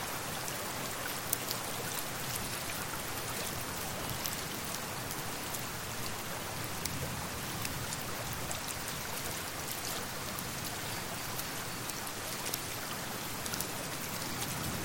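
Soft falling snow and a steady river make a dense, even hiss, flecked with frequent tiny bright ticks throughout, unchanging.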